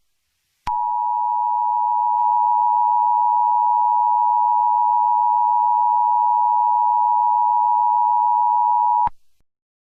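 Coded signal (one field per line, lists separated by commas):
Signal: Emergency Alert System (SAME) tones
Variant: 853 and 960 Hz attention tone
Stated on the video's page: Simulated EAS scenario, not a real alert.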